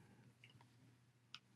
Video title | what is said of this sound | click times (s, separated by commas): LED Neon Flex Snap Connector Assembly | you're gonna feel a little snap | 1.3 s